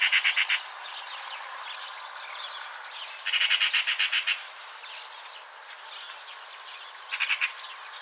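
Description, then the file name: Eurasian magpie chattering in three harsh rattling bursts of rapid repeated notes, the middle burst longest, with faint twittering of other birds between them. "Pica pica"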